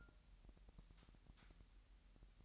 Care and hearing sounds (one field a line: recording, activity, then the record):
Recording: daily activity, microphone in the room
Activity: take from stove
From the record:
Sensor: 3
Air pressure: 1001.9 hPa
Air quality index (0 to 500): 246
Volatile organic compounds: 48 ppm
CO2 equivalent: 3269 ppm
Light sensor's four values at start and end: 6/15/6/6 and 6/15/6/6